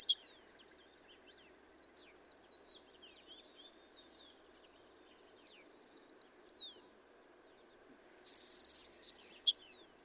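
Savannah sparrow song: a few thin high chips, then a loud insect-like buzzy trill and a lower buzz with a closing note near the end; faint chirps earlier.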